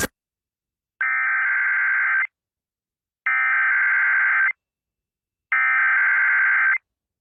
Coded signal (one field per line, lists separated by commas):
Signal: Emergency Alert System (SAME) tones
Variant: header bursts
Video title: Buffalo, NY EAS Alert: Required Monthly Test (08/08/2023)